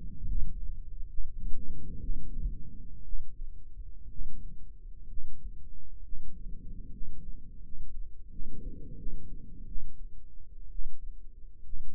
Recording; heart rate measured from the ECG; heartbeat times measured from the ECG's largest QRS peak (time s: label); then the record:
heart sounds by microphone in the right ear; 69 bpm
0.25 s: heartbeat
1.07 s: heartbeat
1.99 s: heartbeat
3.02 s: heartbeat
4.08 s: heartbeat
5.06 s: heartbeat
6.02 s: heartbeat
6.89 s: heartbeat
7.61 s: heartbeat
8.28 s: heartbeat
8.95 s: heartbeat
9.65 s: heartbeat
10.68 s: heartbeat
11.62 s: heartbeat
From the record:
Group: healthy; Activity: rest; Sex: male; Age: 24 years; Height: 184 cm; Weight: 89 kg